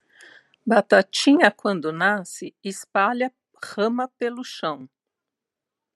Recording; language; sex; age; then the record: short text; Brazilian Portuguese; female; 50 to 59 years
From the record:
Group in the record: control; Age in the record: 56 years